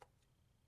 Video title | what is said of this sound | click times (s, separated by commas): Tonka Climb-Overs Fire Stomper Starter Pack Review By RaceGrooves | and when you snap it together | 0.0 s